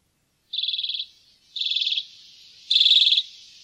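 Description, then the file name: Common redpoll calls: three dry, rapidly pulsed rattling bursts, each about half a second long, spaced roughly a second apart, high-pitched and even. "graasisik"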